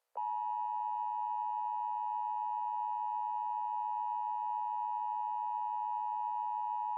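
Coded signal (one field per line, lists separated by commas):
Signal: Emergency Alert System (SAME) tones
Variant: 853 and 960 Hz attention tone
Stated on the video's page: Fictional EAS scenario about a dying star.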